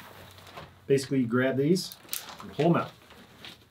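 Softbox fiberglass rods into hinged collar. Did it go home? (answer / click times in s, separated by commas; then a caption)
no / none. Someone talks while handling a collapsible NiceFoto softbox, whose pre-connected hinged fiberglass rods are about to be pushed outward into their locked positions on the collar, with faint handling noise underneath. No rod has snapped into place yet; nothing has seated or clicked.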